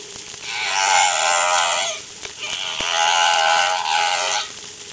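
Whale calls: two long, wavering, harmonic-rich cries separated by a short pause.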